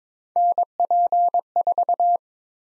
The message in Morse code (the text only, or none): NP4